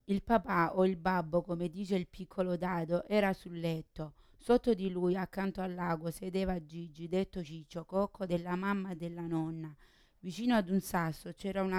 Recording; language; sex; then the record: read passage; Italian; female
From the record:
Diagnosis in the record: Parkinson's disease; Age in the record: 40 years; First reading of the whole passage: 61 s, 7.8 characters per second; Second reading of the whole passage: 52 s, 9.9 characters per second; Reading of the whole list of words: 55 s, 5.1 characters per second